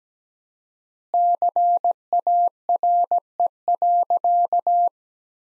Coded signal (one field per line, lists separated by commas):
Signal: Morse code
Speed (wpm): 17 wpm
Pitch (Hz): 700 Hz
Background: none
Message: CARE.